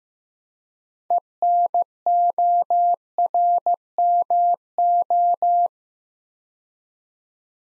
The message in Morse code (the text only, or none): ENORMO